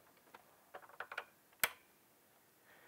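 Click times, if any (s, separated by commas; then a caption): 1.6 s. The plastic RJ45 plug on the free end of an Ethernet cable is pushed into a yellow LAN socket on a b-box 3 / b-box 3V+ modem. A few soft clicks and rattles between 0.3 and 1.2 seconds lead up to one sharp, bright click at 1.6 seconds, followed by quiet. The plug is seated and the cable is properly connected.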